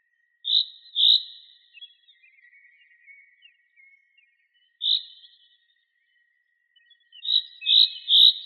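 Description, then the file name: Common chaffinch calling with short bright notes, a pair near the start, a single note midway and a quick run of three at the end. "Fringilla coelebs"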